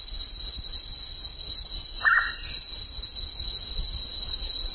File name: hydrornis gurneyi